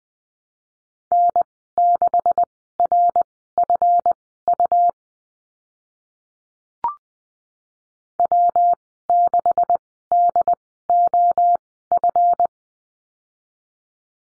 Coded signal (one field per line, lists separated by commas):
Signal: Morse code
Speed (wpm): 20 wpm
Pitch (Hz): 700 Hz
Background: none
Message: N6RFU W6DOF